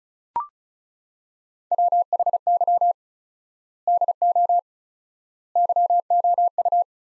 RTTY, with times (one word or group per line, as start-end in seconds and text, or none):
none